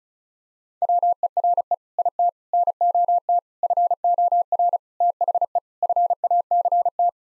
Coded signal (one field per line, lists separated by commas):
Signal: Morse code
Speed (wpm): 36 wpm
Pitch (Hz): 700 Hz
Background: none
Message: WERE IT NOT FOR THE FACT